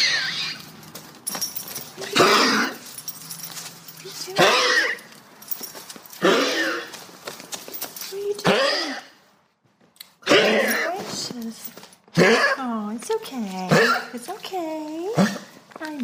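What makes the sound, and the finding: Dog. Wheezing.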